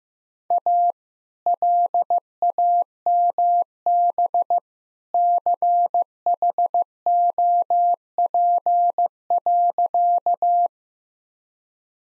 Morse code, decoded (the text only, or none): A LAMB CHOP.